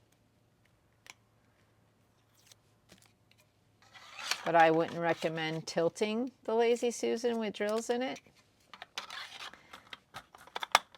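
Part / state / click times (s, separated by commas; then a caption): plastic drill tray into lazy susan organizer / seated / 10.8 s. A plastic diamond-drill sorting tray is pressed into its slot on a rotating lazy susan organizer while someone talks. Light clicks and rustles come before and after the talking, then a sharp click at 10.8 s as the tray locks into the lazy susan.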